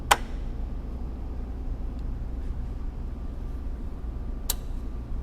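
Spring retaining clamps on a plastic intercooler/charge pipe coupling from an Mk6 VW Golf GTI (2010–2014) are pressed back into their locked position after the pipe has been removed, so the pipe will click audibly when reinstalled. Two sharp clicks are heard at 0.1 s and 4.5 s over a low steady hum. The clamps are seated back in place.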